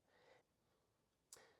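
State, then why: Seated. On a Ranger door, the door handle/lock unit is fitted by lifting the handle rather than pushing it, and its latch mechanism snaps back into place in the vehicle door by itself. A soft, breathy rustle is heard from about 0.1 to 0.4 s, followed by quiet, and then a sharp, bright click at 1.3 s. The latch is seated.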